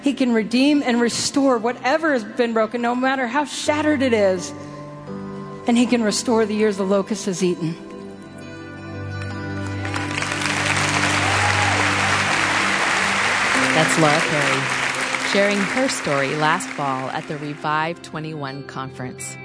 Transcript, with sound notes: He can redeem and restore whatever has been broken, no matter how shattered it is, and He can restore the years the locust has eaten. (applause)
That’s Laura Perry, sharing her story last fall at the Revive '21 conference.